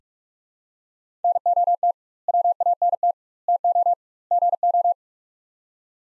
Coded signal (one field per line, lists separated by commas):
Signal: Morse code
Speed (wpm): 44 wpm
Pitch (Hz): 700 Hz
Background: none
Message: NOT WANT TO GO